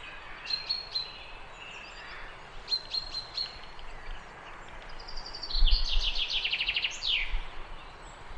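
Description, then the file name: Chaffinch singing one cascading trill that drops in pitch and closes with a quick flourish, after scattered high thin notes, with a low thump of background noise as the trill begins. "Fringilla coelebs"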